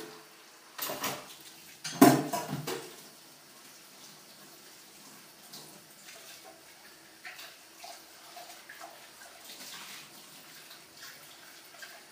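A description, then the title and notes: Dishes clatter, with a loud clinking burst around two seconds, then quieter scattered clinks and faint rinsing throughout. Sounds Of Dishwashing.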